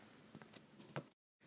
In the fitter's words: you've got it in push down on the plastic tab and click it in place do